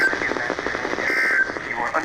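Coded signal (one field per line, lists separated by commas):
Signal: Emergency Alert System (SAME) tones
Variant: end-of-message bursts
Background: speech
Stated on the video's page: Fire Warning with a mandatory evacuation from a county emergency management office, relayed by the National Weather Service on weather radio station WXK67 and an FM station.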